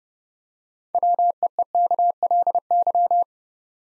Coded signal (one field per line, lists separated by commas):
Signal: Morse code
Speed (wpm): 30 wpm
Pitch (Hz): 700 Hz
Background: none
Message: WEEKLY